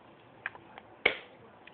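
While a starter motor is being rebuilt, an internal piece is pushed back into the metal housing, with a few faint ticks at about 0.5, 0.8 and 1.7 seconds. A sharp snap at 1.1 seconds marks the piece seating in the housing, though it will keep popping up until the screws are fitted to hold it.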